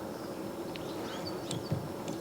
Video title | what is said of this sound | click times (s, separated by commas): How to change front wiper blades on a Fiat 500 or Abarth - Windshield wipers - How to Series | slide it in, and it clicks into place. That is it. | 0.8 s, 1.5 s